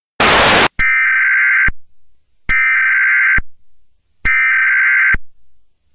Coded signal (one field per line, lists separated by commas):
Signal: Emergency Alert System (SAME) tones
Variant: header bursts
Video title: EAS SCENARIO - WW3